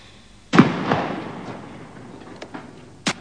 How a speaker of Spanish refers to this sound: De nuevo el silencio. ¿Como unas explosiones o como...